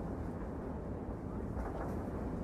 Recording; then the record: background sound without coughing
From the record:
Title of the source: Train Ride Ambience ambient white noise for sleeping, focus, studying, reading